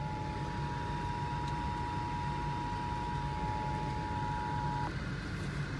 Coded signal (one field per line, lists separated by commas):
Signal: Emergency Alert System (SAME) tones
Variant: 853 and 960 Hz attention tone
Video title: Severe Thunderstorm Warning from WBKR in the Car. (EAS #313)